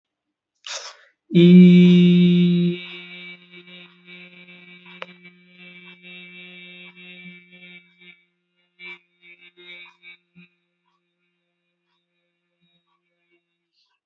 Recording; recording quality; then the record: sustained vowel as in beet; excellent, no background noise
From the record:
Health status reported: healthy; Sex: male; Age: 25 years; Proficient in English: yes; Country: India